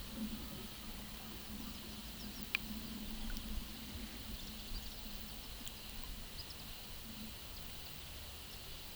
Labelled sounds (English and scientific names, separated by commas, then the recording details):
none
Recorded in pastures near Puerto Asís, Putumayo, Colombia, on 22 December 2024 at 13:00
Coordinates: 0.486, -76.323
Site GP01